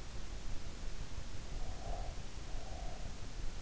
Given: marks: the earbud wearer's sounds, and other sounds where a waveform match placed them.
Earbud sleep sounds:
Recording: sounds in sleep by an in-ear microphone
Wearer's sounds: breath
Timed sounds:
1.69-3.18 s: breath

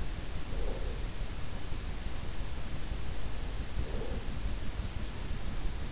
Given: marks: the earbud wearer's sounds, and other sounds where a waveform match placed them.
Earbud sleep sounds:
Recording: sounds in sleep by an in-ear microphone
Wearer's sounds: breath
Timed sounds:
0.16-1.34 s: breath
3.38-4.72 s: breath

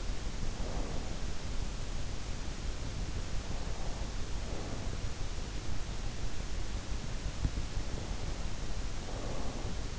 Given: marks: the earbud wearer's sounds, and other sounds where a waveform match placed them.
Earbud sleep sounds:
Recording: sounds in sleep by an in-ear microphone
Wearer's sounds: breath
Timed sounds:
0.00-1.49 s: breath
3.28-5.26 s: breath
8.21-9.90 s: breath

